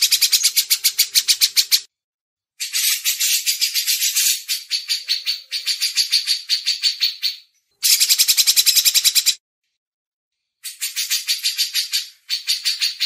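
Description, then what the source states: Grey-cheeked bulbul song in several bursts of quick, buzzy, rattling notes, separated by short silences. Masteran tutoring recording.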